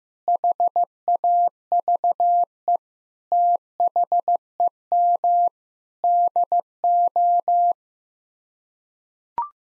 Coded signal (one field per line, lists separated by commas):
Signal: Morse code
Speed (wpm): 15 wpm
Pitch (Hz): 700 Hz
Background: none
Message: HAVE THEM DO